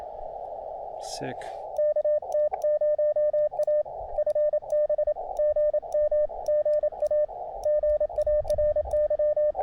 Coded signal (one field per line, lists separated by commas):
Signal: Morse code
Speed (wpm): 27 wpm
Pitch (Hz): 600 Hz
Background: speech, radio noise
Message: KT0A FB GM GA GARY